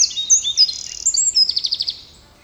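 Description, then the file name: Eurasian wren singing a brief, very high run of sharp tinkling notes that ends in a fast, even rattling trill before fading out. "Troglodytes troglodytes"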